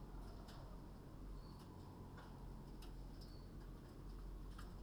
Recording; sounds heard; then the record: poultry house recording; no chicken sound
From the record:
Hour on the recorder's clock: 21